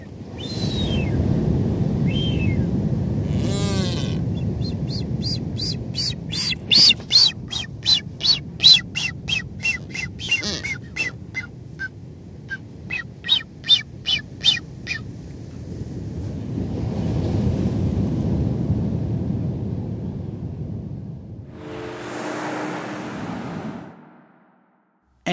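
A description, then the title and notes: Blue-footed boobies call in a series of sharp, rapid whistles from about 5 to 15 seconds, bright and regular like a quick string of squeaks. A low, rumbling wash of wind or surf fills much of the recording, swelling again near 17 seconds before the sound cuts out. Galápagos Islands Nature Sounds. Blue-Footed Boobies.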